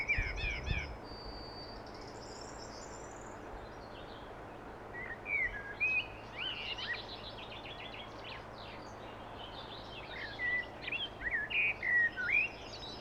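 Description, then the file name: Common blackbird song, several separate whistled phrases with high twittered endings spaced throughout, a low thump at the start, steady hiss throughout. "Turdus merula"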